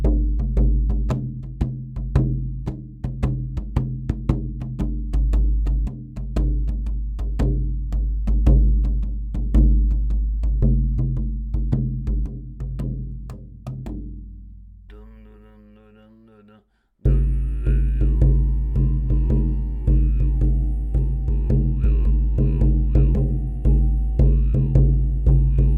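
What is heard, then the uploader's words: Throat singing rides over a steady, rapid drum beat, the deep droning voice holding low tones with faint ringing overtones above. Near fifteen seconds the drumming fades to a lone held tone, a brief silence follows, then voice and drum return together. Sounds of Throat Singing and Shamanic Drum. This is a small part of my practising of some kind of Kargyraa style throat singing meanwhile playing on my shamanic drum. It’s fully natural, no effects were used.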